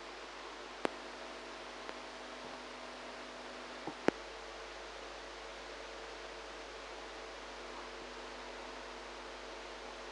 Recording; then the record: brain microelectrode recording played as sound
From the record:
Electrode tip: outside the subthalamic nucleus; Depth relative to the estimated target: 1 mm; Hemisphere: right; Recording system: NeuroSet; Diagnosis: Parkinson's disease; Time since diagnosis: 8 years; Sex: female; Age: 45 years